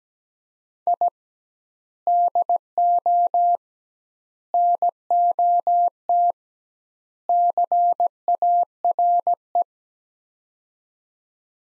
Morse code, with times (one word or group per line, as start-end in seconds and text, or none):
0.9-1.1 I
2.1-3.6 DO
4.5-6.3 NOT
7.3-9.6 CARE